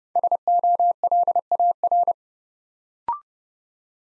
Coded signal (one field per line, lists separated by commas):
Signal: Morse code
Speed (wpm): 30 wpm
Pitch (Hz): 700 Hz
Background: none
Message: SOLAR